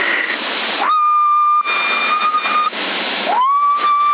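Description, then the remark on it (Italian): A person whistles into a CB radio microphone to check the signal's modulation peaks: steady, slightly wavering mid-pitched notes, each starting with an upward slide, over a constant hiss of narrow-band radio static. “Picchi ce li ha, io credo che fosse così limitata la modulazione da non dare picchi, guarda se fischio.”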